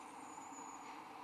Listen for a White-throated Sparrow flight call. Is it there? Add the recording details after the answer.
no. No flight call is heard. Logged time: 22:11 on 12 December 2014